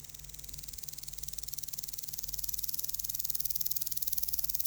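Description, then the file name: Common green grasshopper song, a high, rapid ticking that slowly swells louder from start to finish in a steady, even rhythm. "Omocestus viridulus"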